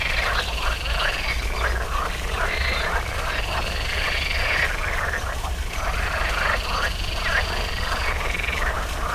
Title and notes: 05.07.18 Rane allOrto Botanico. There is also a small pond populated with frogs croaking on spring mornings. Recorded by Massimo Carozzi for the Zona U sound mapping project